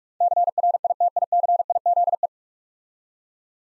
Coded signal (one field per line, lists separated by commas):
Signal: Morse code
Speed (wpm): 44 wpm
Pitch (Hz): 700 Hz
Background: none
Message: CRITICIZE